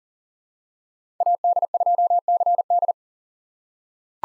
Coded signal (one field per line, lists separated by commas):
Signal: Morse code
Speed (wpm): 37 wpm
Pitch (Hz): 700 Hz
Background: none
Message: AD2CD